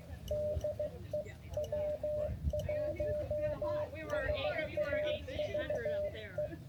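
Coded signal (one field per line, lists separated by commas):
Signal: Morse code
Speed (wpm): 15 wpm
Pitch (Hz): 600 Hz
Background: speech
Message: DE W1SAV E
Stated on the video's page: Live CW park activation in the field, with a few SSB contacts.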